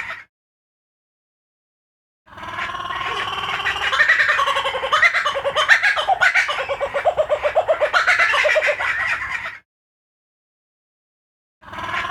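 Kookaburra laughing call, a seven-second burst of hurried chuckles building to loud cackles, with silence before and after and another burst starting at the end.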